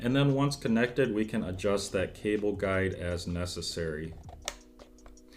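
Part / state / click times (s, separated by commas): battery cable guide on a VR headset head strap / seated / 4.5 s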